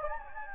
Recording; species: mosquito wingbeat signal from an infrared sensor; Anopheles gambiae